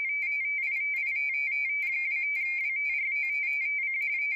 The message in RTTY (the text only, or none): II2WRTC